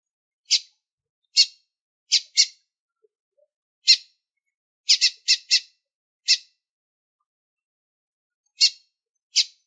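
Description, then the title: Lined seedeater calling with twelve brief high chip notes at irregular intervals, including a tight cluster of four just after the middle and a gap of about two seconds near the end, nothing else audible. Female calling persistently to stimulate the male. "Fêmea De Bigodinho Chamando Muito Para Esquentar O Macho!"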